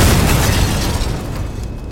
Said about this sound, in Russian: а в следующую секунду за его спиной взвилось огромное искрящее облако и раздался взрыв.